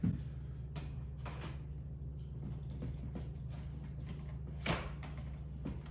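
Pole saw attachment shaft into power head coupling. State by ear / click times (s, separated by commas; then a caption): seated / 4.7 s. A pole saw attachment shaft is pushed into the quick-lock coupling on the motor shaft of a Milwaukee Fuel power head, with faint knocks and scrapes at about 0.8 s and 1.3 s as it fails to line up at first and is wiggled into position. At 4.7 s a sharp click is heard as the button engages and the attachment locks into place, over a steady low hum.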